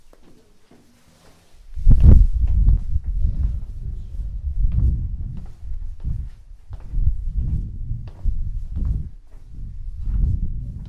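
A walk through the city opens almost silent, then after two seconds a sharp knock gives way to heavy, irregular low thumping and rumbling.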